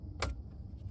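A plastic ignition coil connector on a 2016 Ford F150 is snapped onto its ignition coil, with a pry bar in use. One sharp, bright snap is heard at 0.2 s over a low background rumble. The connector is confirmed seated.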